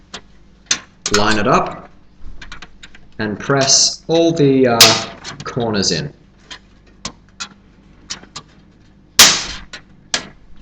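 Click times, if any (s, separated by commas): 7.0 s, 9.2 s, 10.1 s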